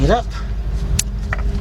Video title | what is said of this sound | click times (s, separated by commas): Lincoln LS Heater Control Valve Replacement | make sure it locks into place there's one now our second hose we got it over here | 1.0 s